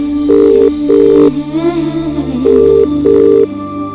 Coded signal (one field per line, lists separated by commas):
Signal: telephone call progress tone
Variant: UK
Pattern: ringback tone